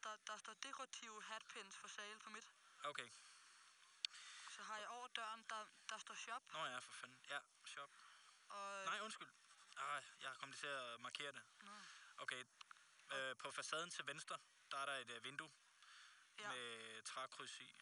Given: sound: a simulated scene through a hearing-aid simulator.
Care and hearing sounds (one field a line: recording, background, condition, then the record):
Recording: conversation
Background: quiet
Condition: 75 dB SPL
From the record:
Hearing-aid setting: I (fast-acting compression, audibility-based gain)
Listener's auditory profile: D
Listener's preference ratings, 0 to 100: 90, 95, 67